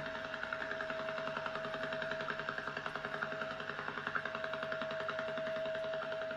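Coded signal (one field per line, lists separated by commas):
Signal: radar signal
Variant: Russian Woodpecker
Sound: rapid repetitive tapping, about ten raspy pulses per second, over a steady whistle tone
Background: radio static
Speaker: giving it the nickname Russian woodpecker due to the high-pitched repetitive tapping noise the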